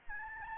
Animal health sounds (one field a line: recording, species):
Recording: mosquito wingbeat signal from an infrared sensor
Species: Aedes albopictus